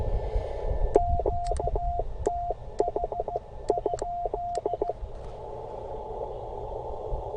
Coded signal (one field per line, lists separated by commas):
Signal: Morse code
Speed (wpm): 15 wpm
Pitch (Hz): 700 Hz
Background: radio noise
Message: QTH?